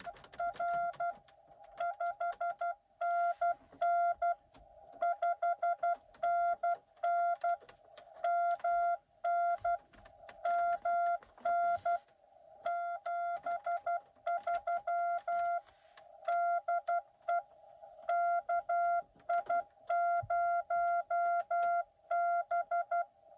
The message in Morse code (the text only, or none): R 5NN 5NN MN MN 73 DE KI0B